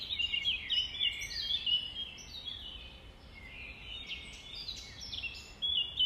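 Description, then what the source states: Nightingale song: varied, fast whistled and chirping phrases over a steady background hiss. Recorded at dawn on 5 May 2020, around 05:33.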